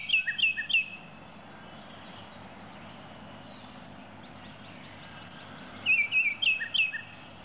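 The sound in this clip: Baltimore oriole giving two short bursts of sharp, slurred whistles, one at the opening and one near the end, over a constant low rumble.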